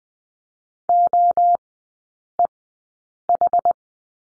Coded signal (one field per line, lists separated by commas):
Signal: Morse code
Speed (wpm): 20 wpm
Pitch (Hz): 700 Hz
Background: none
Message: OEH